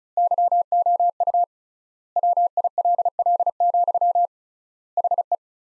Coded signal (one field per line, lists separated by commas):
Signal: Morse code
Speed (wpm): 36 wpm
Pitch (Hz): 700 Hz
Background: none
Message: YOU WILL, HE